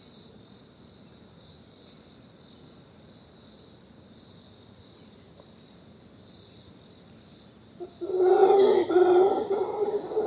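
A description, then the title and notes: Crickets chirp in a steady, even drone through the forest, with a faint low rustle of breeze underneath. Near the eight-second mark a loud, rough, growling howl bursts in and carries on in surges to the end. The crickets are chirping, creating a constant melody in the forest, birds are calling and moving around the trees and a gentle breeze hits the leaves. Reserva Conchal: howlers at dawn.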